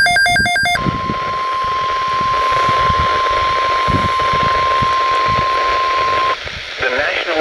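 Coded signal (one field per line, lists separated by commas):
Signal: Emergency Alert System (SAME) tones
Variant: 1050 Hz attention tone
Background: speech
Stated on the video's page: Real severe thunderstorm watch received from weather radio station WXK47.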